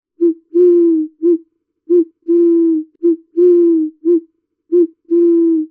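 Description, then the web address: Bird giving low, hoarse calls, short notes alternating with longer wavering ones, repeated throughout. Bird screaming, United Kingdom. "pajaro gritando viahiri reino unido"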